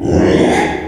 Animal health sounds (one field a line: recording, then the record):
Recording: squeal of a Yucatan mini pig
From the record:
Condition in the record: after surgery on the right vocal fold (resection and tissue-engineered implant)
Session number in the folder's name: 3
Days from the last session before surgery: 33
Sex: male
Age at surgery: 12 weeks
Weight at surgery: 13 kg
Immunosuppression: cyclosporine, prednisolone